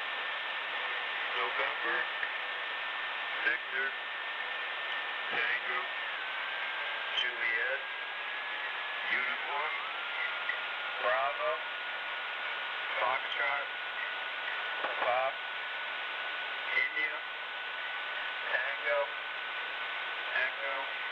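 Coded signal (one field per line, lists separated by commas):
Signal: numbers station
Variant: male voice, random letters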